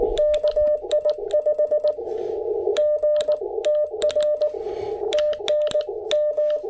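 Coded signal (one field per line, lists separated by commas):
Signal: Morse code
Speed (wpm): 19 wpm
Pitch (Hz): 600 Hz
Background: none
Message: KI5G TR TN M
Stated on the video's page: CW sent with an IC-705 and MC-750 vertical during a cabin park activation; key clicks picked up by camera mic.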